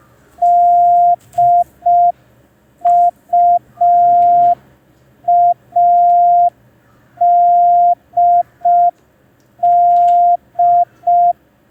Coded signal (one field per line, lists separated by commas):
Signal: Morse code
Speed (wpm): 5 wpm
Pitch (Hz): 700 Hz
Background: none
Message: DUADD